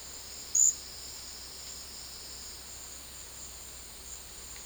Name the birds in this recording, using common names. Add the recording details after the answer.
none. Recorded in secondary vegetation near Puerto Asís, Putumayo, Colombia, on 18 February 2024 at 12:30. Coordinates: 0.481, -76.323. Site G6376